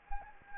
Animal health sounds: mosquito wingbeat signal from an infrared sensor; Anopheles gambiae

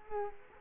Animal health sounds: mosquito wingbeat signal from an infrared sensor; Culex quinquefasciatus

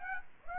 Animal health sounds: mosquito wingbeat signal from an infrared sensor; Aedes aegypti

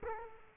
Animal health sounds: mosquito wingbeat signal from an infrared sensor; Culex quinquefasciatus

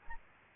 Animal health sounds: mosquito wingbeat signal from an infrared sensor; Aedes albopictus

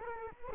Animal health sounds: mosquito wingbeat signal from an infrared sensor; Culex quinquefasciatus

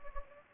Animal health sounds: mosquito wingbeat signal from an infrared sensor; Anopheles gambiae

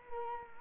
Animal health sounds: mosquito wingbeat signal from an infrared sensor; Culex quinquefasciatus

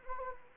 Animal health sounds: mosquito wingbeat signal from an infrared sensor; Anopheles gambiae

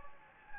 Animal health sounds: mosquito wingbeat signal from an infrared sensor; Anopheles gambiae

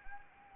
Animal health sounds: mosquito wingbeat signal from an infrared sensor; Anopheles gambiae

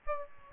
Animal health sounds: mosquito wingbeat signal from an infrared sensor; Aedes albopictus

